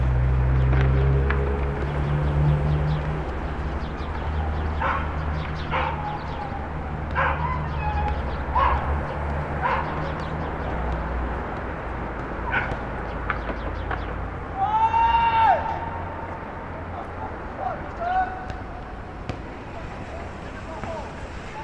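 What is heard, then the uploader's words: A rooftop city soundscape in Brooklyn facing a park, with a steady low rumble of traffic and machinery that eases after the first few seconds. Short sharp calls, likely dogs barking, and voices break in every second or two, with a rising whine around fifteen seconds. 179 Starr Street Rooftop (Starr Street & Irving Ave, Brooklyn) Facing Maria Hernandez Park. Wind: 7mph North East. Rooftop recording facing Maria Hernandez park at sunset.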